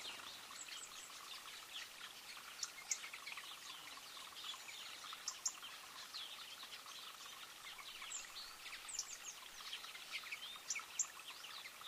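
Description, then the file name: European robin uttering short, sharp ticks repeated at irregular intervals, some in quick pairs, against a constant wash of other small birds calling. "Erithacus rubecula"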